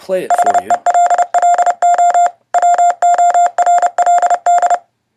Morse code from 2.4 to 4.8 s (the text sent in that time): WORLD